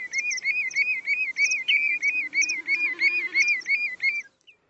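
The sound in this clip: Bird giving a steady run of hooked whistled notes, about three per second, each topped by a short high chip, stopping abruptly near the end.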